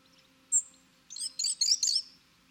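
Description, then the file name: European robin song: a thin high opening note, then a quick series of four sparkling, jumbled high phrases, over a faint hum. "Erithacus rubecula"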